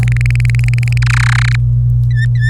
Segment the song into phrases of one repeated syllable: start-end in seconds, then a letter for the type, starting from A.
0.03-0.98 A, 1.02-1.56 B, 2.17-2.49 C